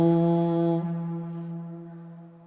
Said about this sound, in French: J'entends la grenouille. Non, c'est le crapaud.